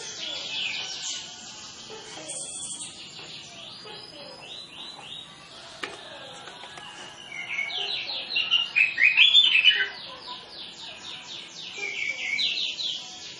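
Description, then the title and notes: Orange-headed Thrush singing a long, continuous warble of quick, repeated chattering notes, growing louder and denser around nine seconds before easing off again. Song with full isian fill-in phrases; a lure recording meant to get birds singing quickly. "Masteran Anis Kembang Full Isian Untuk Suara Pancingan Anis Kembang Agar Cepat Ngeplong. Suara Burung Anis Kembang"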